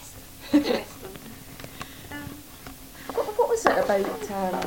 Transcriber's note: laughs